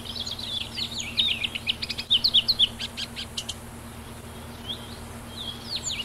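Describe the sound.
Lesser whitethroat song: a quiet scratchy warble followed by a dry, rapid rattle of repeated notes on one pitch, then a few sharp single notes.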